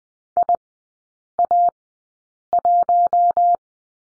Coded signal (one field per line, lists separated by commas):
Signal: Morse code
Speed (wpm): 20 wpm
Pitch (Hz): 700 Hz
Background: none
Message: IA1